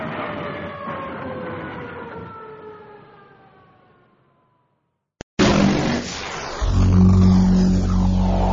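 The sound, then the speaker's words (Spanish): A police car siren wails with a gliding, falling pitch and steadily fades away over several seconds as the car drives off, followed by a short silence, a sharp click and a loud burst of noise. “Váyase en la patrulla, porque si no se cae.”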